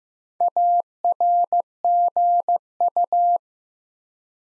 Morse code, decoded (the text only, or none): ARGU